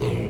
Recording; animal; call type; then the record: contact call of a hoofed animal; pig; closed-mouth grunt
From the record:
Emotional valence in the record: negative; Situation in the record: short social isolation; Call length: 0.30 s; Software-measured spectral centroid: 1870 Hz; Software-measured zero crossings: 1000 a second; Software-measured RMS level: -24 dBFS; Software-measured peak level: -14 dBFS